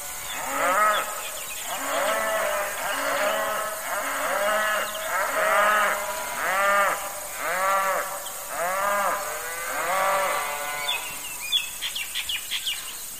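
Cattle calling in a steady run of short, arched, harmonic calls.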